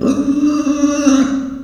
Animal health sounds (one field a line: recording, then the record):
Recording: squeal of a Yucatan mini pig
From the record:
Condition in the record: after surgery on the right vocal fold (resection and tissue-engineered implant)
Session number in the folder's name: 9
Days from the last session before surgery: 65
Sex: female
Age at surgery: 19 weeks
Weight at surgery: 25 kg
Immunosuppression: prednisolone